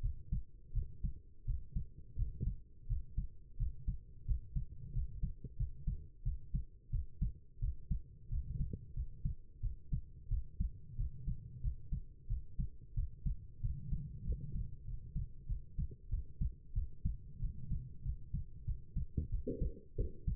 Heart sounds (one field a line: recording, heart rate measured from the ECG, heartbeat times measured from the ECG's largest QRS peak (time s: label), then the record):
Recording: heart sounds by stethoscope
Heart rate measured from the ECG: 90 bpm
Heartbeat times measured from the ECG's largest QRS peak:
0.01 s: heartbeat
0.73 s: heartbeat
1.45 s: heartbeat
2.16 s: heartbeat
2.87 s: heartbeat
3.57 s: heartbeat
4.25 s: heartbeat
4.92 s: heartbeat
5.57 s: heartbeat
6.23 s: heartbeat
6.90 s: heartbeat
7.59 s: heartbeat
8.29 s: heartbeat
8.94 s: heartbeat
9.60 s: heartbeat
10.28 s: heartbeat
10.96 s: heartbeat
11.61 s: heartbeat
12.27 s: heartbeat
12.94 s: heartbeat
13.61 s: heartbeat
14.24 s: heartbeat
14.85 s: heartbeat
15.47 s: heartbeat
16.09 s: heartbeat
16.73 s: heartbeat
17.39 s: heartbeat
18.03 s: heartbeat
18.65 s: heartbeat
19.30 s: heartbeat
19.96 s: heartbeat
From the record:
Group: healthy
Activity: cold pressor test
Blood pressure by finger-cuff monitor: 107/73 mmHg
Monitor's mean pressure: 86 mmHg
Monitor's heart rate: 91 bpm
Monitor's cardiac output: 7.7 L/min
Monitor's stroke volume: 86 mL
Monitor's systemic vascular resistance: 810 dyn s/cm5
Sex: female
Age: 19 years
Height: 163 cm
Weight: 51 kg